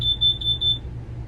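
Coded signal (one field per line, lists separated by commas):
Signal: alarm pattern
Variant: propane gas leak alarm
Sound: four quick high-pitched beeps in rapid succession, then a low hum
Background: low hum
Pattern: 4 short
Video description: Eventually, I figured out it was the propane gas alarm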